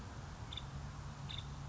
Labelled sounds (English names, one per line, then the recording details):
Nuttall's Woodpecker
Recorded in Sonoma County, California